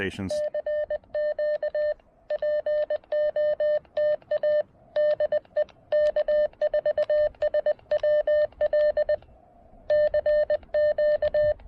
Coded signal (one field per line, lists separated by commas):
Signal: Morse code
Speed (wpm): 20 wpm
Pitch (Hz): 600 Hz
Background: speech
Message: CQ POTA DE K4SWL CQ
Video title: Snagging a little POTA QRP DX with the Chelegance MC-750 and Xiegu G106!